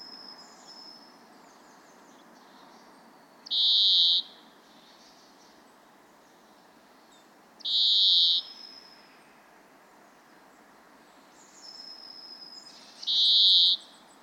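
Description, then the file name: European greenfinch repeating a drawn-out, nasal buzzing wheeze, three loud calls several seconds apart with fainter notes in between. "Chloris chloris"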